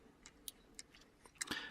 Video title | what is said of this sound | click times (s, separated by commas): Transformers Inferno (G1 with original box) Review | and they would just lock into place like that the fact that they still lock into place is amazing | 0.5 s, 1.4 s